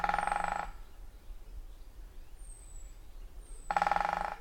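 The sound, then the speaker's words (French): Two short, rapid rattling drum rolls from a great spotted woodpecker hammering with its beak to mark its territory, several seconds apart, with faint thin high bird calls in the quiet gap between them. “Et ici, c'est le tambourinage d'un pic-épêche.”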